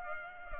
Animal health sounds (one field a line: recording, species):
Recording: mosquito wingbeat signal from an infrared sensor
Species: Culex pipiens